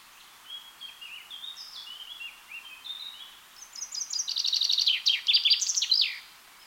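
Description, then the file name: Common chaffinch: a series of falling whistled notes, then a loud, rapid trill that closes with a flourish. "Fringilla coelebs"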